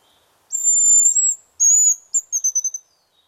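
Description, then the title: Hazel Grouse whistle: a long thin very high note, a second shorter one, then a quick series of short high notes. Featured as the nature sound of the week, presented by Juha Laaksonen. "Viikon luontoääni: Pyy"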